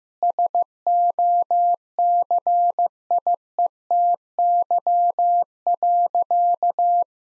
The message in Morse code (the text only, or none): SOCIETY.